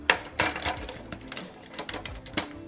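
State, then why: Not seated. A plastic half pan of watercolor paint from another set is pressed into a slot of the watercolor kit's palette; it fits in size but won't snap in. Sharp clicks and light clatters are heard, loudest near 0.1 s, 0.4 s and 2.4 s, with softer taps in between. Nothing has seated or clicked into place.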